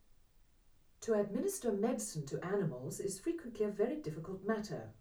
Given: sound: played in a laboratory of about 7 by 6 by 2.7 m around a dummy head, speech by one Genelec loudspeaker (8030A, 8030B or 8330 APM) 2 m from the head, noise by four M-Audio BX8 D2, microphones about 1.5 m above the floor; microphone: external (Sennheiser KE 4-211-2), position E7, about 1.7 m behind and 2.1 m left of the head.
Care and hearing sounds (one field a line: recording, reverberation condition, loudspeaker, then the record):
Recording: female speech in English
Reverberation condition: low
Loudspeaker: in front (0 degrees)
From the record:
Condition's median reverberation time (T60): about 310 ms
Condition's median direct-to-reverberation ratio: about 3.5 dB